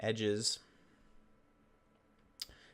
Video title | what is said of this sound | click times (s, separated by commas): Koenig Knives Arius | has this sort of shape where you know it automatically locks into place which I really like | 2.4 s